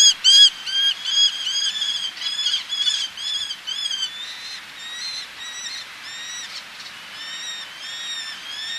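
Eleonora's falcon calls, rapid harsh 'kyek' notes, some overlapping, gradually softening toward the end.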